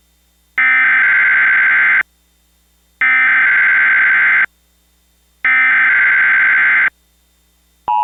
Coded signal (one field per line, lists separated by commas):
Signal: Emergency Alert System (SAME) tones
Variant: header bursts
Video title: (VALID TONES) EAS Mock - Wheeling, WV WTF Relay (aka yet another EMNet Mock) (10/21/2021)